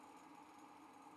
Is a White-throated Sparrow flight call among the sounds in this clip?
no